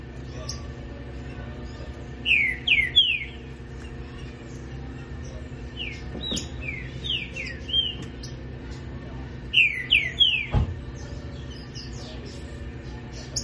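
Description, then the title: Green-winged saltator repeating rich phrases of rapid descending whistles three times, separated by pauses, with occasional clicks and a low steady hum. "Canto De Trinca Ferro"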